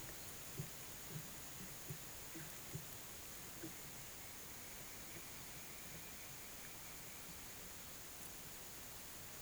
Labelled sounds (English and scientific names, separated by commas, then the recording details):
none
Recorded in pastures near Puerto Asís, Putumayo, Colombia, on 27 June 2025 at 12:30
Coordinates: 0.486, -76.323
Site H29